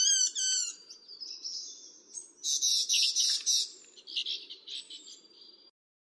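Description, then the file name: Morrison's fulvetta singing a rapid trilled whistle, then sliding notes and a dense warbling phrase that fades out at the end. Recorded at Yushan. "繡眼畫眉"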